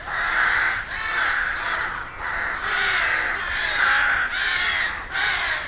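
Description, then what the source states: Rook chorus of rough, nasal caws, many birds overlapping in near-continuous calling with slight dips between bursts. Rook colony, a rookery in a wood.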